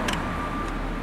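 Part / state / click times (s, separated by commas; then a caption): top basket insert into DI resin vessel / seated / 0.1 s. The top basket/funnel insert of a window-cleaning DI resin vessel is popped back in over the riser pipe, giving one short knock at 0.1 s over a steady background hum. The basket seats securely in place thanks to its funnel design.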